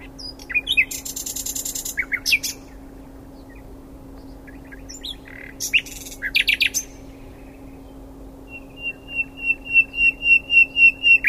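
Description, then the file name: Common nightingale song: buzzy bursts and sharp notes in separate phrases, then a long crescendo of repeated whistled notes rising in loudness. "Luscinia megarhynchos"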